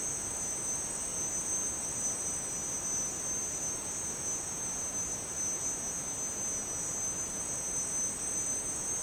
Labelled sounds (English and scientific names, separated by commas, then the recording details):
none
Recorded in dense forest near Puerto Asís, Putumayo, Colombia, on 23 June 2025 at 09:30
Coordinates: 0.484, -76.317
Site G045